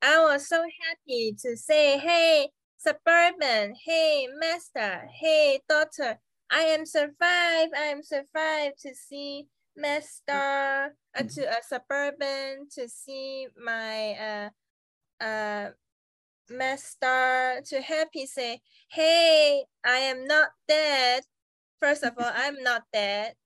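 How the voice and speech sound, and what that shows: An adult woman, a stroke survivor around her fourth survival anniversary who attends a stroke recovery center, speaks haltingly, with repeated phrases, long word-finding pauses and broken grammar, typical of post-stroke aphasia.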